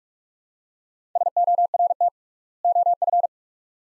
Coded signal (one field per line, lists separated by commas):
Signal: Morse code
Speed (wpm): 46 wpm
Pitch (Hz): 700 Hz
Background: none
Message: SORT OF